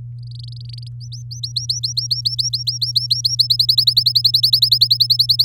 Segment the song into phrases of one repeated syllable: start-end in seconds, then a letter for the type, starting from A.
0.19-0.88 A, 1.00-3.35 B, 3.39-5.44 C